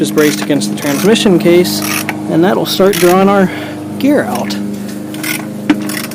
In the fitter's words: we go and you hear that little clunk that was it coming some so